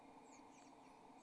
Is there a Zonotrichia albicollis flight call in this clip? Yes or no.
no